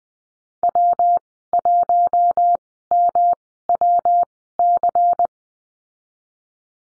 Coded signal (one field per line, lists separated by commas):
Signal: Morse code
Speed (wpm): 20 wpm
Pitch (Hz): 700 Hz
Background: none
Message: W1MWC